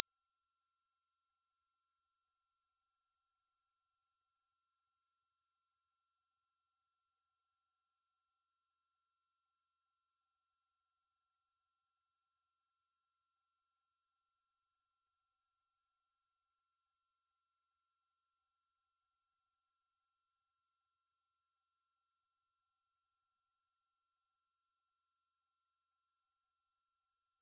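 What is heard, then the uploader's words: A pure sine tone at 5589 Hz holds perfectly steady for the full 27 seconds. It is a single high, piercing whistle-like pitch at constant loudness, with no wavering, breaks or background sounds. 5589 Hz 1 Hz Interval Sine Pure Tone Frequency 441000 Sample Mono.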